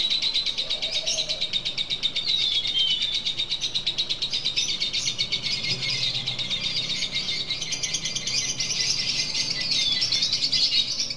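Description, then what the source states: Lovebird chattering continuously, shrill pulsed notes flowing in a rapid stream with occasional thin whistled slurs. Lutino lovebird giving the ngekek chattering call, recorded for use in training birds.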